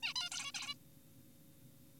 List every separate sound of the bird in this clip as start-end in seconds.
0.03-0.14, 0.16-0.30, 0.32-0.52, 0.54-0.74